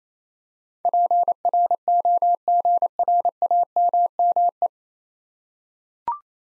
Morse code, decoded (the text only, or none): PROGRAMME